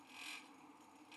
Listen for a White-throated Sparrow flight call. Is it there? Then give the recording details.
no. No flight call is heard. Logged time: 08:28 on 5 December 2014